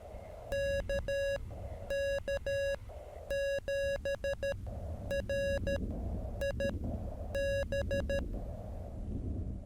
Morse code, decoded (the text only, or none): KK7RIB